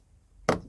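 After a crooked catch, a door component is pushed again into the front door of a Skoda Roomster during a driver's door wiring harness repair. It snaps into place with a loud, sharp click at 0.5 s, followed by a faint tick at 0.7 s. The part is seated.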